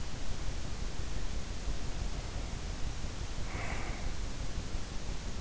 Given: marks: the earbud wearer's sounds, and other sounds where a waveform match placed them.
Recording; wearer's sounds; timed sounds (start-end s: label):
sounds in sleep by an in-ear microphone; breath
1.70-4.19 s: breath